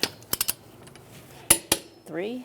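A click-type torque wrench tightens the third wheel lug nut on a 2007-2012 Nissan Altima to 83 ft-lbs in a star pattern during a front brake replacement. A few light ticks come early, then the wrench gives two sharp clicks at 1.5 s and 1.7 s as it reaches the setting. Someone talks briefly at the end.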